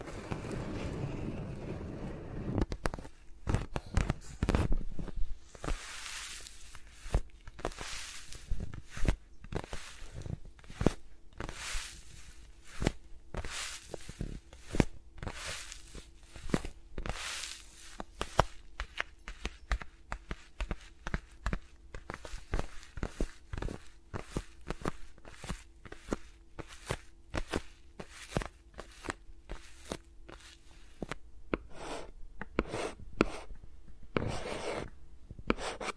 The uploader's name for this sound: ASMR with Mics Around My Fingers (No Talking)